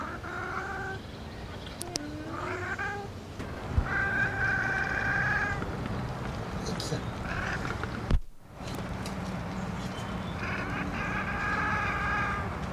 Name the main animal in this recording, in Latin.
Felis silvestris